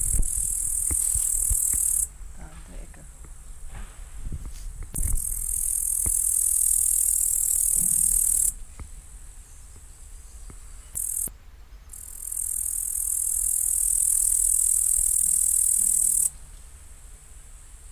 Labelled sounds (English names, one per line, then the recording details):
Upland Green Bush-cricket stridulation
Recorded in the wild
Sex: male
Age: imago
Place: Lehde, Spreewald, Brandenburg, DE
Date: 1997-09-02 15:42
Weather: fair, ca. 24°C
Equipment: Sony MD-WM MZ-R3, Sennheiser ME 80, K 30 AV, Kopie Uher 4000 Report Monitor
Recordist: Tembrock, Günter
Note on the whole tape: Stridulation